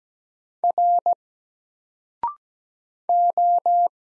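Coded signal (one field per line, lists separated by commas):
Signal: Morse code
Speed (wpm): 17 wpm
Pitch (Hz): 700 Hz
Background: none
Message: R O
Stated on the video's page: Morse single letters sent at 17 wpm with a 0.6-second pause before each spoken answer, each letter sent before and after, as a drill for instant character recognition.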